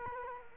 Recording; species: mosquito wingbeat signal from an infrared sensor; Culex quinquefasciatus